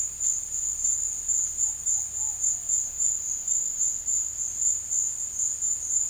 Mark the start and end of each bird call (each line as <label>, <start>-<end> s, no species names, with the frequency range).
bird call (0.4-1.3 kHz), 1.62-2.40 s